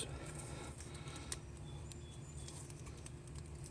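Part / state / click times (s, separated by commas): turn signal switch harness connector into its mating column connector / not seated / none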